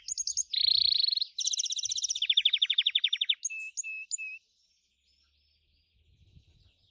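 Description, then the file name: Gloster canary song: rapid rolling trills at shifting pitches, a fast descending rattle, a few clipped whistles, then silence with faint low rumble. "canto do canario gloster"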